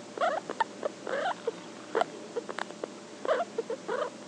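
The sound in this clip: Guinea pig mumbling: gurgling, slightly warbled grunts in short groups separated by brief pauses, faint hum behind.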